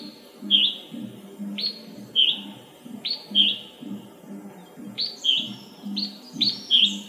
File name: Red-whiskered bulbul (Pycnonotus jocosus)